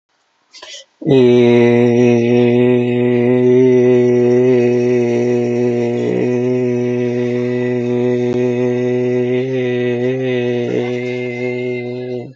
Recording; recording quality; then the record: sustained vowel as in made; excellent, no background noise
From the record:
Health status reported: healthy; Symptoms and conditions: none ticked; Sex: male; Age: 40 years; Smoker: not ticked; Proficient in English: yes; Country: India